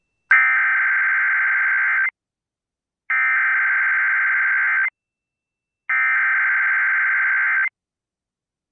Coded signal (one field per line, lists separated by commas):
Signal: Emergency Alert System (SAME) tones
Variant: header bursts